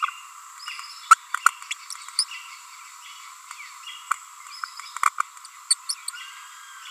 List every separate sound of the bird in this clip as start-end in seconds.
0.02-0.06, 1.10-1.15, 1.46-1.48, 1.70-1.73, 2.19-2.24, 4.10-4.13, 5.07-5.09, 5.18-5.19, 5.70-5.74, 5.89-5.94